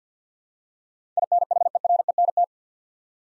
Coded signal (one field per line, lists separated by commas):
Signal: Morse code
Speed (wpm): 50 wpm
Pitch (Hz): 700 Hz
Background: none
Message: INHERENT